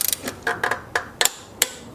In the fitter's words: there, that's a click.